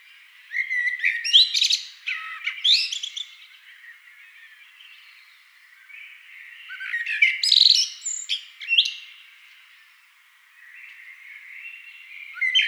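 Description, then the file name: Eurasian blackbird song, three phrases of rich low fluting, the first two ending in thin, shrill twittering flourishes, with quiet pauses between. "amsel"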